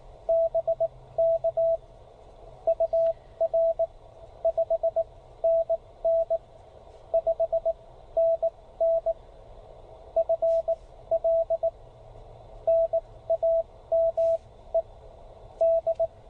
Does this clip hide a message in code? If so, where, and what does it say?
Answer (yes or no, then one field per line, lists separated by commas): yes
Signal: Morse code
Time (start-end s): 0.3-16.1 s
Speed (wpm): 18 wpm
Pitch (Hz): 690 Hz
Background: radio noise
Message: BK UR 5NN 5NN FL NAME D